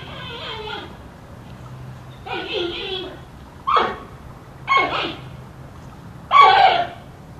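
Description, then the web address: Giant panda giving five nasal, bleat-like calls at irregular intervals, the first two soft and drawn out, the last three sharper and louder, against a faint low hum. "naturelibrary giant panda"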